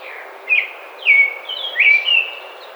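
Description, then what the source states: Baltimore oriole song: rich, clear whistled notes, several phrases in quick succession. Recorded 29 May 2009.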